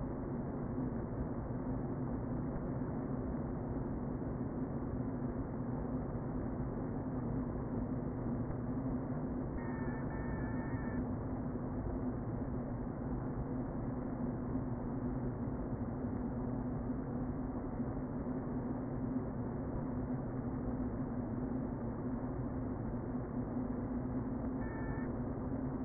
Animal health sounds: honeybee colony, microphone inside the hive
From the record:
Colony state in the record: queen present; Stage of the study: before two queens were removed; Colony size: about 60,000 bees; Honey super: yes

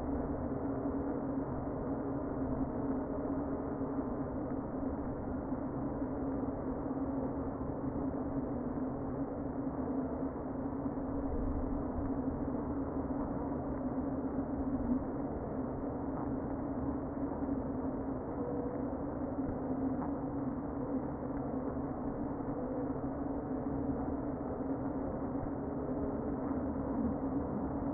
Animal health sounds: honeybee colony, microphone inside the hive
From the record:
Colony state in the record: queen present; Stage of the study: before two queens were removed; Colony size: about 60,000 bees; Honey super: yes

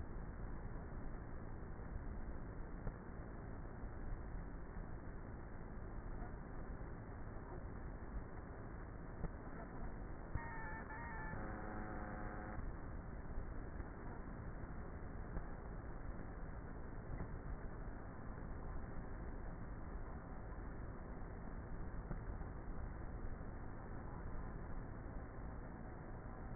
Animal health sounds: honeybee colony, microphone inside the hive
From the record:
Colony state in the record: queenless with a low population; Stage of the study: before two queens were removed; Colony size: about 30,000 bees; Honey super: no

